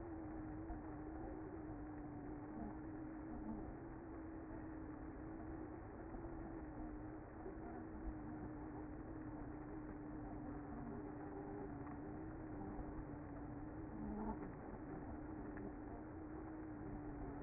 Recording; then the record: honeybee colony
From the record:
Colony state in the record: active